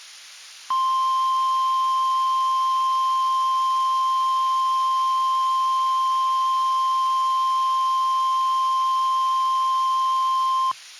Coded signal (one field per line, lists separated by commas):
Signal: Emergency Alert System (SAME) tones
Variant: 1050 Hz attention tone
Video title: Spring Hell In Central Alabama (EAS Scenario)